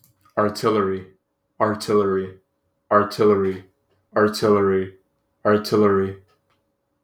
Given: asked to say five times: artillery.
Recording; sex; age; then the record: repeated word; male; 20 to 29 years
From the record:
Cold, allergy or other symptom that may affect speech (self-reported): no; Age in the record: 21 years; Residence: Florida, United States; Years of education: 16